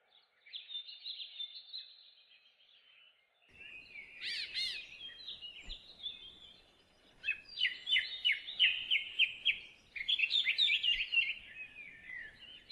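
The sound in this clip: Bird song: a steady high trill, a burst of tumbling notes, then fast clipped repeated chirps in quick series.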